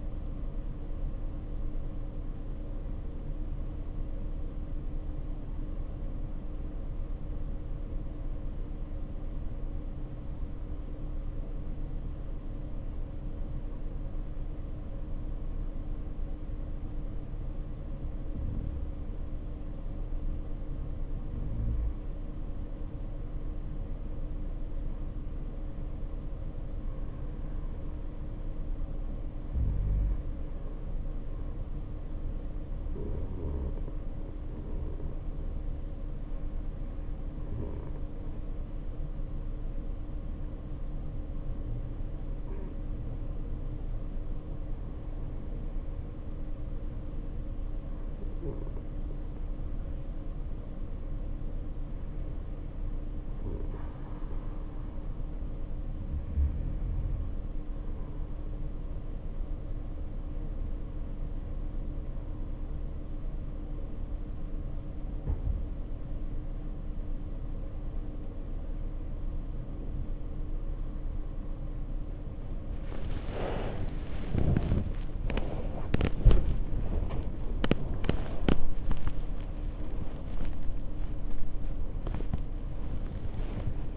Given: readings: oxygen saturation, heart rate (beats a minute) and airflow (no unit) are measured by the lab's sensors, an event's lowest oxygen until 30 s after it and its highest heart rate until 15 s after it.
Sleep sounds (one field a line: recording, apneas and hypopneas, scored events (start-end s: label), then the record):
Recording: breathing in sleep by a smartphone at the bedside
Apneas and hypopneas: 2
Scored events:
5.00-26.30 s: hypopnea (N1, oxygen 94% highest, then 90% lowest, heart rate 55 at the start, 57 highest)
46.00-75.20 s: hypopnea (N1, oxygen 94% highest, then 92% lowest, heart rate 49 at the start, 78 highest)
59.00-83.97 s: new sleep stage, awake
66.00-83.97 s: awake
From the record:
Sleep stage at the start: N1 (lightest sleep)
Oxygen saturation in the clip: 90 to 94%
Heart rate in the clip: 49 to 78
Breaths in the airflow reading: 16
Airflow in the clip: -11.3 to 5.2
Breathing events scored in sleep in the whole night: 520 in 7.2 hours asleep